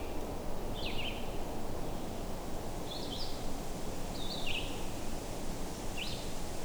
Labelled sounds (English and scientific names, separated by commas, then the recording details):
Red-eyed Vireo (Vireo olivaceus) song
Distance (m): 55 m
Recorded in boreal forest in Alberta, Canada, on 21 June 2016 at 08:23
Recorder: SongMeter 3, array SBT-6-76
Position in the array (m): 180 m, 87 m